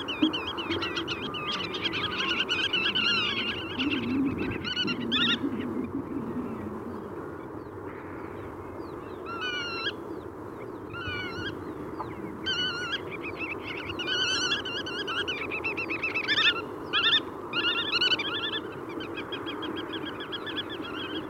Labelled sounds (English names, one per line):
Black-tailed Godwit call